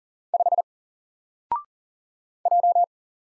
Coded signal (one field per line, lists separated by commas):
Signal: Morse code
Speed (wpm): 40 wpm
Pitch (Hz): 700 Hz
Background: none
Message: 5 J